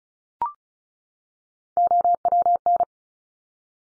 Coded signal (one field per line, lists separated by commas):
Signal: Morse code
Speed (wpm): 36 wpm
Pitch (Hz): 700 Hz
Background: none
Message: OWN